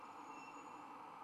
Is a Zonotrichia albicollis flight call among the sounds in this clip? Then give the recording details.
no. No flight call is heard. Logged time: 03:53 on 1 December 2014